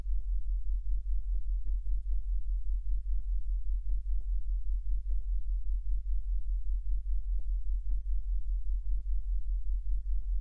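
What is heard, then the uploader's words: Monaural beats: a deep, steady low tone that throbs with a fast, even pulse and holds level for the whole ten seconds. Faint ticks and flecks of higher sound flicker lightly above it, dry, without any clear events. Monaural BEATS. 40hz and 45hz blend is a calming, whirring, low bass sound that is very pleasant and very easy on the ears (at proper volume) . All Raw and mixed audio recorded on: Focusrite Scarlett CM25, Focusrite Scarlett 2i2 Audio interface.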